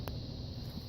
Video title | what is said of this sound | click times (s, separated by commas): Bulk q cable tutorial | I heard it click did your clip | 0.1 s